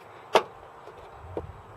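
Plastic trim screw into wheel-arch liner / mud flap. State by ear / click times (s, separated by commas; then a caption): seated / 0.4 s. While refitting a mud flap on a 2008 Ford Fiesta, a plastic trim screw or push clip is screwed back into the wheel-arch liner. It gives one sharp click at 0.4 s, and a quieter short knock follows at 1.4 s. The plastic screw is seated in place.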